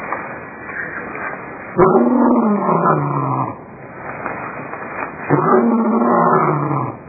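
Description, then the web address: Lion giving two drawn-out moaning calls that slide downward in pitch, each lasting over a second, with quieter sound between them. "2001 Eclipse lion"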